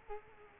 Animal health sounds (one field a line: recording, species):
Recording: mosquito wingbeat signal from an infrared sensor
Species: Culex quinquefasciatus